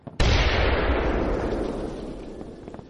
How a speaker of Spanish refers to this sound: El almacén estalló a mis espaldas y la explosión me alcanzó mientras aún estaba sobre el río y no escudado por los edificios del otro lado, como era mi deseo. Casi me destrozó los giróstatos y estuve a punto de caer.